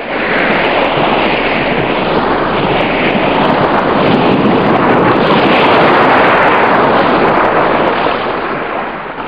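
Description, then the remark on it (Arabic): Steady, loud rush of sea water and wind, with broad swells of surf rising and falling over a constant hiss, like waves washing around a sailing boat. No voices. “أتدري يا جاسم أنني كلما تأملت موج البحر تذكرت تلك الرحلات التي لا تعد ولا تحصى، والتي قطعتها ذهابا وإيابا طوال ما يربو على 50 سنة، حتى أنني لا أتصور حياتي بعيدا عن هذا المارج العظيم.”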